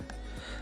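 A display/sensor flex cable's press-fit connector is pressed onto the logic board socket of an iPhone 8 during a proximity sensor replacement, done to fix a bootloop after a screen replacement. After a fiddly attempt, a single short, sharp snap sounds at 0.1 s over a steady background. The connector is seated.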